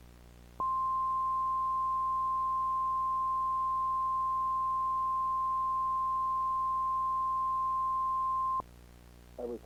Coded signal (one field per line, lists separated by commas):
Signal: Emergency Alert System (SAME) tones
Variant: 1050 Hz attention tone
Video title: Sunset Cable EAS Test (2003)